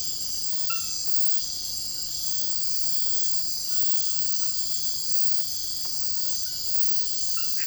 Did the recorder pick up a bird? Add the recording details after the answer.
no. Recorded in dense forest near Puerto Asís, Putumayo, Colombia, on 19 February 2024 at 04:30. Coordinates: 0.487, -76.319. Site G6403